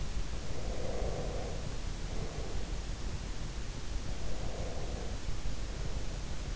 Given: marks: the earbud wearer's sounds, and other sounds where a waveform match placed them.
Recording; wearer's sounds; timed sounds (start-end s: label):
sounds in sleep by an in-ear microphone; breath
0.46-3.06 s: breath
3.90-6.56 s: breath